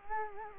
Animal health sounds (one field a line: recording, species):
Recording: mosquito wingbeat signal from an infrared sensor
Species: Culex quinquefasciatus